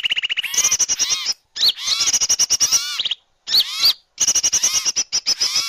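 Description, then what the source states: Bird calls: quick chattering notes and bright upslurred whistles in bursts separated by short silences, with a buzzy trill at the start. Indonesian bird lure call (pikat), titled 'a thousand birds'.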